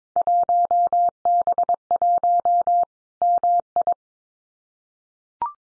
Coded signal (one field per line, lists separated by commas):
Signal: Morse code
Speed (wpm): 22 wpm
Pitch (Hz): 700 Hz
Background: none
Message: 1B1 MI